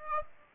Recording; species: mosquito wingbeat signal from an infrared sensor; Aedes aegypti